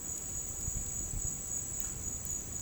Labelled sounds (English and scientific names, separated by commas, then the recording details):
none
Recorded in dense forest near Puerto Asís, Putumayo, Colombia, on 29 June 2025 at 10:00
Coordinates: 0.503, -76.323
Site G059